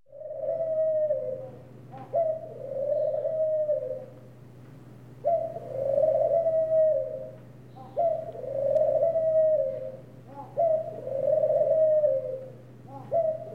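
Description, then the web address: Ring dove giving repeated purring coos, each phrase beginning with a brief upward note then a drawn-out rolling tone, several phrases over a low constant hum. "bird ring dove calling animal"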